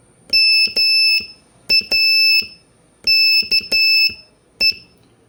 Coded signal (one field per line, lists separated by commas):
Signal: Morse code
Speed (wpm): 11 wpm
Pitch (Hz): 2650 Hz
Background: none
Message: MAKE